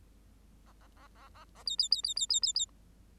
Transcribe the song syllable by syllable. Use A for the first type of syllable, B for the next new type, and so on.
A A A A A A B B B B B B B B